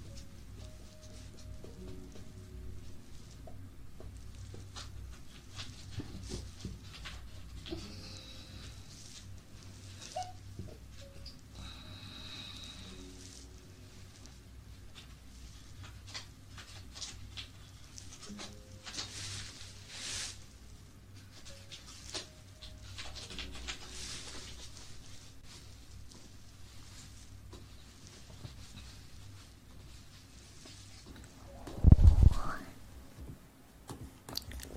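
Soft crackling, rubbing and squishing sounds of sugar and aloe vera gel being worked in an ear massage, with a low steady hum underneath. Small clicks and brief brighter scratches come every few seconds. A sudden loud thump near the 32-second mark briefly stands out.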